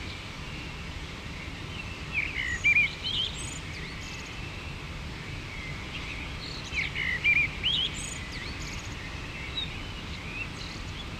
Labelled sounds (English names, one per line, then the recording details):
Common Blackbird song
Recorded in the wild
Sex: male
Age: adult
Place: Garmisch-Partenkirchen, Bayern, DE
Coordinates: 47.4917, 11.0789
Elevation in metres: 703
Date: 1969-04-12
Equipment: Uher 4000, Sennheiser MKH 405
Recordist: Tretzel, Erwin